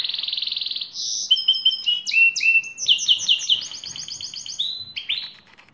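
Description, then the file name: Lizard canary opening with a fast buzzy rattle, then quick stepped whistles and rolling trills, closing on a few rising notes that fade out. "canto do canario lizard"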